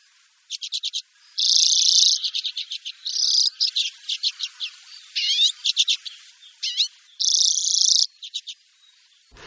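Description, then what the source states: Common Redpoll calls: high, rapid chattering trills and buzzy notes in quick bursts, with short twittering phrases between them. Increasingly rare winter visitor to Hungary; almost always in birches, usually a few together; tiny, marble-sized bird; male has pink breast, red forehead patch, small black bib and eye stripe.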